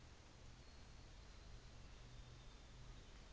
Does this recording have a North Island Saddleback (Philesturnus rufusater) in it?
no